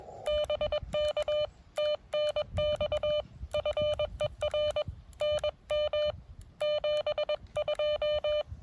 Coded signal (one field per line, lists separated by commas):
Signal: Morse code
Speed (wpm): 20 wpm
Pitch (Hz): 600 Hz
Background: none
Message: BK TNX FER NM 72